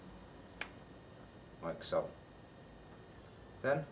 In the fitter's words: the pin and if you listen you'll hear it click into place like